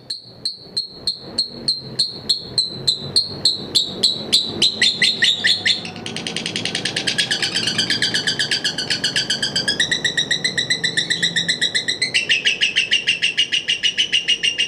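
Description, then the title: Lovebird song: a series of high notes that speeds up into a continuous rattling trill, then switches to buzzy trills at several different pitches. Masteran bird sounds used for training birds. "MASTERAN BURUNG 2"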